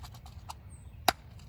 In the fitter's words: And you can hear how it's kind of snapped into place. It's not quite seated all the way.